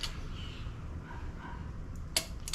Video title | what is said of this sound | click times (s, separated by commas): CYLINDER HEAD INSTALLATION (YAMAHA OUTBOARD) | Hear it pop. | 2.2 s